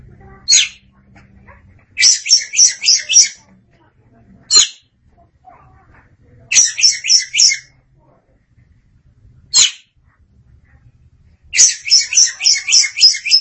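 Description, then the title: Oriental magpie-robin alternating single grating notes with quick rattling runs of several harsh high notes. "Suara Kicauan Burung Kacer Durasi Panjang"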